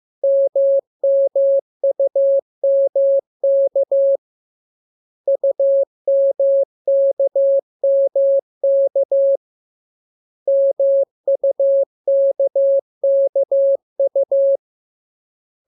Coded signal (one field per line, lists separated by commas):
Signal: Morse code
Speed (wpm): 15 wpm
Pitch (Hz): 550 Hz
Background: none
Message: MMUMK UMKMK MUKKU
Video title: Learning Morse Code. Lesson 2. Letter KMU.